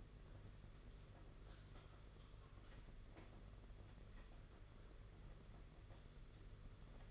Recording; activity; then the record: daily activity, microphone in the room; typing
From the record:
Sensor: 4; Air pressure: 992.6 hPa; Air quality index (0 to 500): 137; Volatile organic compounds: 62 ppm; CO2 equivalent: 3435 ppm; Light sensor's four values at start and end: 19/66/24/25 and 19/66/24/25